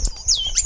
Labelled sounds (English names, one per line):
Stitchbird song